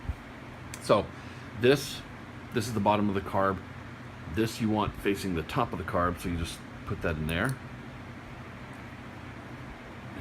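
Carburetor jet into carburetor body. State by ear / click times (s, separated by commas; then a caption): not seated / none. A carburetor jet part, either the needle jet or the emulsion tube, is dropped into the bottom of the carb body of a 2001 Suzuki Bandit 1200S and lined up during a carb rebuild, with its top end facing the top of the carb. Someone talks over a steady low background hiss with no sharp impacts. Nothing has seated or clicked yet; the part sits in place but is not yet pushed fully in.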